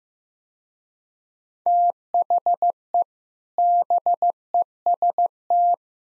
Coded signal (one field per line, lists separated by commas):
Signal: Morse code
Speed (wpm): 16 wpm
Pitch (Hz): 700 Hz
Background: none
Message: THE BEST